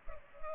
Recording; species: mosquito wingbeat signal from an infrared sensor; Culex pipiens